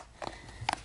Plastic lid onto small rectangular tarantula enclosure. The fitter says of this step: they really snap in place really well. See that?